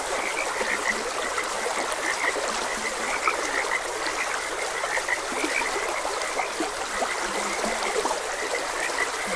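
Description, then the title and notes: Frogs call in a dense overlapping chorus of many short croaks, with constant trickling water beneath. Frogs croaking beside a gentle stream. "Gentle Stream and Frogs Croaking. Sleep and Relaxation Podcast"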